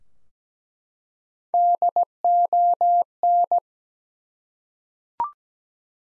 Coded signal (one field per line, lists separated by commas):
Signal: Morse code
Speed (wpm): 17 wpm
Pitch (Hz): 700 Hz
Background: none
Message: DON